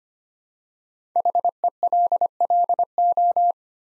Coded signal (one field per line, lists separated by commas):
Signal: Morse code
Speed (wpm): 25 wpm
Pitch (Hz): 700 Hz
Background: none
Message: HELLO